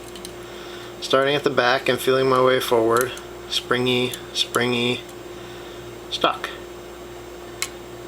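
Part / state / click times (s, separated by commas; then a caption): pin stack setting at the shear line in a pin-tumbler lock cylinder / seated / 7.6 s. A pin-tumbler lock cylinder, a Kwikset clone or an American 5200, is picked with light tension while someone talks. A binding pin is pushed up until its pin stack sets at the shear line with a small, sharp click at 7.6 s, and the pin is seated.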